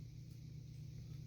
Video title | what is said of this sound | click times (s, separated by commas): 9 Connecting SATA SSDs and HDDs to your Mobo and PSU - PC Building Series | oh I didn't hear a click H but it is connected correctly | none